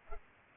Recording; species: mosquito wingbeat signal from an infrared sensor; Culex pipiens